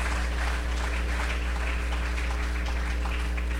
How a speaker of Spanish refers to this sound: Vamos a dar un aplauso a Cristo en esta noche. Digo, en esta tarde.